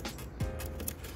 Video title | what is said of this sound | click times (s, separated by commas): How to: Install a Passenger Tail Light on a 2015 Jeep Compass | I guess you're not going to click. | none